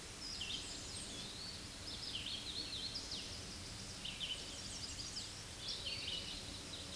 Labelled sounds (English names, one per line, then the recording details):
Red-eyed Vireo song
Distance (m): 55 m
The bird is about 15 m above the microphone
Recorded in a Pennsylvania forest on 16 May 2024 at 08:15
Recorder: AudioMoth, point MSD-2201
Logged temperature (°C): 15.5 °C
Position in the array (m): 118 m, 71 m